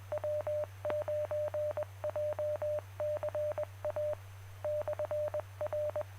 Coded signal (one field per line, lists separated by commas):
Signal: Morse code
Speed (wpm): 21 wpm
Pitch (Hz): 600 Hz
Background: none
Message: W9JCA /R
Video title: Sept 21, 2021: Jay County Amateur Radio Club Tuesday Net at 7 PM